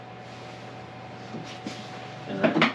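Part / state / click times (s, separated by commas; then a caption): handle height lever latching into a position notch on the mower handle bracket / seated / 2.6 s. The handle height lever on the bracket of a Toro 30" mower is moved up one position and snaps into its notch, latching with a sharp click at 2.6 s. A steady low hum runs underneath, and someone talks briefly before the latch.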